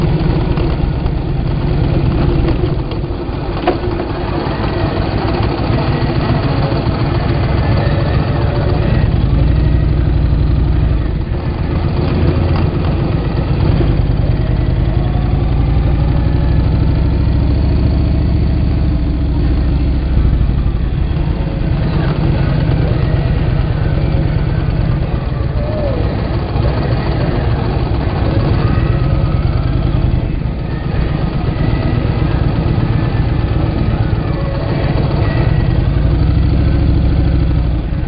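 A vehicle rides across Hoover Dam, its engine and road rumble forming a dense, steady low roar that holds an even level throughout. Faint murmurs of speech and brief rising and falling tones drift over the drone at scattered moments.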